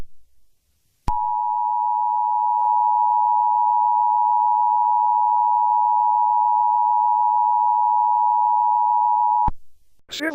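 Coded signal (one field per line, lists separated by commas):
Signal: Emergency Alert System (SAME) tones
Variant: 853 and 960 Hz attention tone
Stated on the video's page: Fictional EAS scenario, not a real alert.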